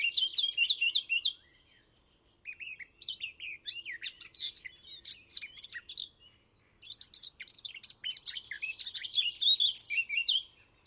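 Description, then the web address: Eurasian blackcap song: three bursts of fast, varied warbling and chattering notes, separated by short pauses. "chant didier collin fauvette a tete noire"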